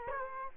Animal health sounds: mosquito wingbeat signal from an infrared sensor; Culex quinquefasciatus

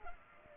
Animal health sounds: mosquito wingbeat signal from an infrared sensor; Culex pipiens

